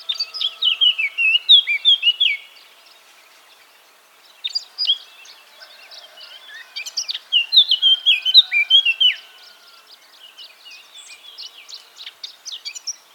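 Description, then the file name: Eurasian blackcap giving lively warbled song phrases of mixed chirps and fluty whistles, with quiet pauses of a few seconds between outbursts. "Sylvia atricapilla"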